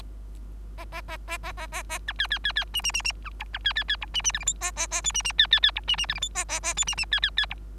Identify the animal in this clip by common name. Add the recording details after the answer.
Bengalese Finch. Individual Bird3